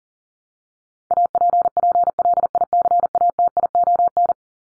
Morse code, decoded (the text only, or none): APPLICATION